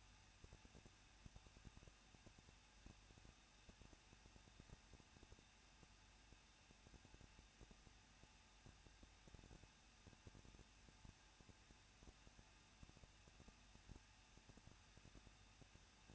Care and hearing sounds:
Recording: daily activity, microphone in the room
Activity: no activity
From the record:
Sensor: 2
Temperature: 21.0 degrees Celsius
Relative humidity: 37.3%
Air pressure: 1006.3 hPa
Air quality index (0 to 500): 221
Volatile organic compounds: 23 ppm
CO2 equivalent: 2786 ppm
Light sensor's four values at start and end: 2/3/2/2 and 2/3/2/2

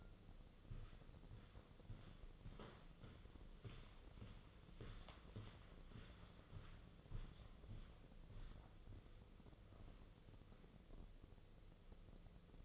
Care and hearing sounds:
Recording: daily activity, microphone in the room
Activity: walk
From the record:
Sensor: 4

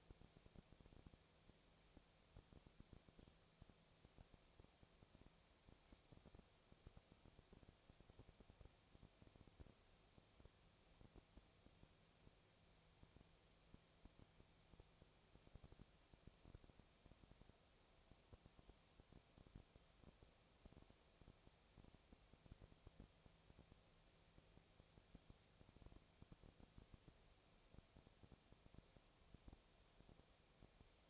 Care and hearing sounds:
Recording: daily activity, microphone in the room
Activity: no activity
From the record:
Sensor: 1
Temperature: 19.8 degrees Celsius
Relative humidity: 37.9%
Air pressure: 998.8 hPa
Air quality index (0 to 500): 232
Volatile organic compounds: 132 ppm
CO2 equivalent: 3938 ppm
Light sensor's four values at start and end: 1/2/1/1 and 1/2/1/1

